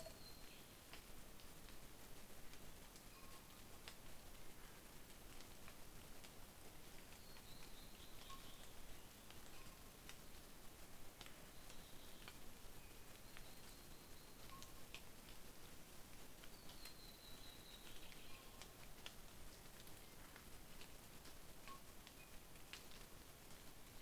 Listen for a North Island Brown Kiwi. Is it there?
no